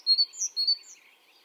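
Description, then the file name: Great tit call, a few clear, high whistled notes given rapidly in under a second, then quiet. "Parus major"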